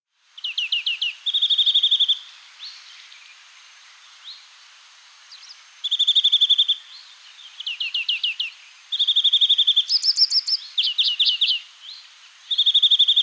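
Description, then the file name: European greenfinch calling in bursts every few seconds, mixing quick descending chirp runs with level rattling trills, quiet gaps between phrases. "gruenfink"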